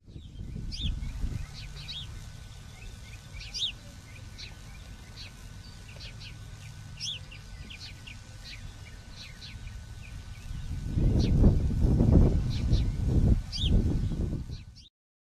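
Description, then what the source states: Bird calls, many short high chirps and sharp notes from several birds throughout, with a low rumbling noise that grows louder near the end. Many birds, recorded in Bexar County on the afternoon of 12 March 2006.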